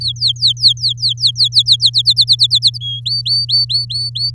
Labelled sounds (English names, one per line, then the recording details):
Domestic Canary song
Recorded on 7 May 2018 at 15:21
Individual llb16